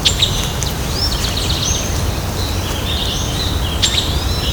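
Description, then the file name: Streaked flycatcher giving shrill, rising squeaky calls, with a continuous low background rumble throughout. Recorded at Ibirapuera, São Paulo, Brazil. "Myiodynastes maculatus Ibirapuera SP BR. ASIlveira"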